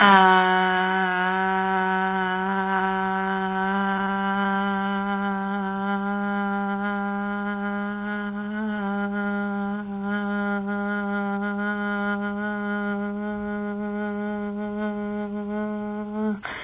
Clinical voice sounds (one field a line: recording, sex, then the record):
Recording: sustained vowel /a/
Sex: female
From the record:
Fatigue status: fatigue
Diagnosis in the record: COVID-19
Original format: 3gp